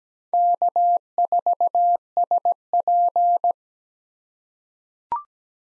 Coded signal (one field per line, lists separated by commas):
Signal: Morse code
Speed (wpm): 17 wpm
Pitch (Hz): 700 Hz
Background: none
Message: K4SP